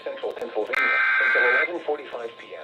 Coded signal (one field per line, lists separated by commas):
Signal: Emergency Alert System (SAME) tones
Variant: header bursts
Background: speech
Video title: EAS Flash Flood Warning (From CTP) 6/28/25 (Credit Goes To @SouthernPennsylvaniaWX)